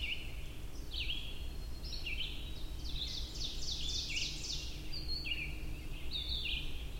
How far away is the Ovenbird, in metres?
about 50 m